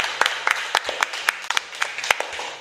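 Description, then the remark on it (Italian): Steady applause from a group at a second-season finale, a dense wash of clapping with sharper individual claps popping out irregularly, moderately loud throughout and with no voices over it. “Applausi stavolta, applausi assolutamente.”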